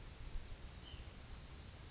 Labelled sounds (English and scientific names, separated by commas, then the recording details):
White-breasted Nuthatch (Sitta carolinensis)
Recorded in Sonoma County, California